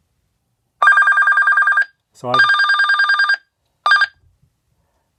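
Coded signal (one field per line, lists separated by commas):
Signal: none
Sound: a radio's call alert ring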